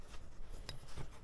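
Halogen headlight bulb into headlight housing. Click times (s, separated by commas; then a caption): 0.7 s. A second halogen headlight bulb is twisted and locked into an Accord's headlight housing. Faint rubbing and scraping runs through the clip, and a single sharp click at 0.7 s marks the bulb seating in place.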